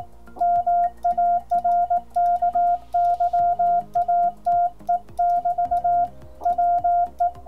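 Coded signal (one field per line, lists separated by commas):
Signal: Morse code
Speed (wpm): 18 wpm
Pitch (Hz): 700 Hz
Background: music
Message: MARKYATE<BT> WE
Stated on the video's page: Morse sent on a Begali Sculpture Mono key.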